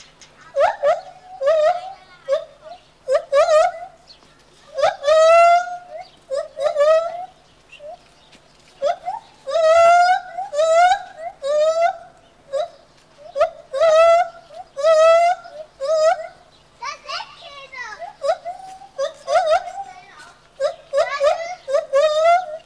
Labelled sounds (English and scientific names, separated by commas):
Lar Gibbon (Hylobates lar)